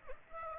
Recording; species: mosquito wingbeat signal from an infrared sensor; Aedes aegypti